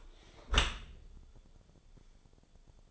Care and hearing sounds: daily activity, microphone in the room; close dishwasher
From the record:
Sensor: 5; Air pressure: 1015.0 hPa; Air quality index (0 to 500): 120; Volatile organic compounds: 2 ppm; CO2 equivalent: 1290 ppm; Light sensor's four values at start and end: 34/79/32/31 and 35/80/32/32

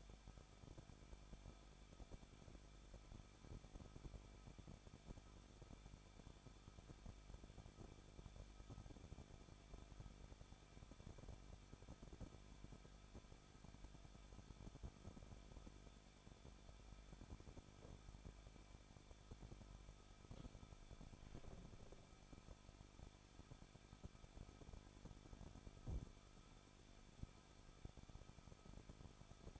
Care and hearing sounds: daily activity, microphone in the room; no activity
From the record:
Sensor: 5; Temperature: 20.7 degrees Celsius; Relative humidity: 38.7%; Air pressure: 1006.5 hPa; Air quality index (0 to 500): 192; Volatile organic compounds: 21 ppm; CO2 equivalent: 2715 ppm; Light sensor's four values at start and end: 2/3/1/1 and 2/3/1/1

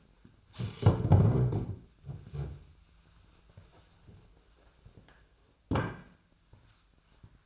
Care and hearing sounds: daily activity, microphone in the room; stand up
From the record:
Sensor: 2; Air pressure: 1007.7 hPa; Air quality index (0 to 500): 179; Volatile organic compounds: 10 ppm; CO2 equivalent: 2200 ppm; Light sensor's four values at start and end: 10/23/9/10 and 10/23/9/10

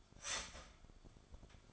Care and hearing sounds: daily activity, microphone in the room; start toaster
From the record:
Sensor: 5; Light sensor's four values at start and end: 16/37/14/13 and 16/37/14/13

